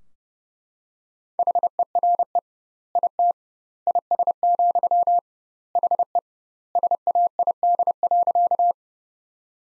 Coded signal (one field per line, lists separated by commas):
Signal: Morse code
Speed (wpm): 30 wpm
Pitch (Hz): 700 Hz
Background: none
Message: HERE IT IS, HE SAID.